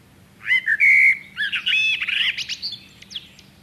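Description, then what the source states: Common blackbird song phrase: a clear whistled fluty opening held briefly, followed by a rapid run of scratchy, high-pitched twittering notes that fade out. Nominate subspecies Turdus merula merula.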